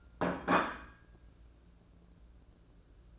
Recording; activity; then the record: daily activity, microphone in the room; place plate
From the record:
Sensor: 2